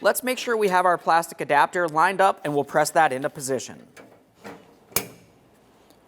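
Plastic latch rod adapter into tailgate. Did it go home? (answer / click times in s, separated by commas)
yes / 5.0 s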